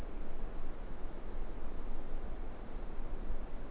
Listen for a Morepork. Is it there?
no